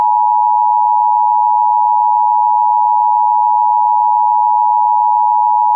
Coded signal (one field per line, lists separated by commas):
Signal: Emergency Alert System (SAME) tones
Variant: 853 and 960 Hz attention tone